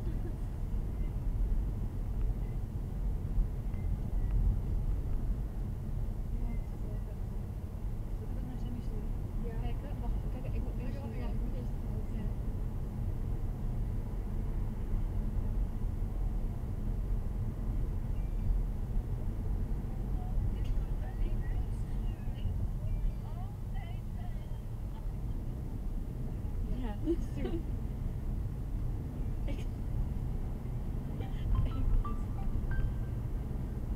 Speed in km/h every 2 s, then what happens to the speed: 23, 24, 29, 26, 26, 29, 31, 29, 29, 29, 27, 23, 21, 24, 26, 26, 27.
0-13 speeds up to 31. 13-19 steady at about 29. 19-24 slows to 21. 24-34 speeds up to 27.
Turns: none.